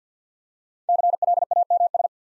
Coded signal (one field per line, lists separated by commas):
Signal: Morse code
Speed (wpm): 49 wpm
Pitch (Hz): 700 Hz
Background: none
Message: CLAMS